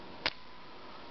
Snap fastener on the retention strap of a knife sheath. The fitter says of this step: so go ahead and unbuckle it does have a nice snap on it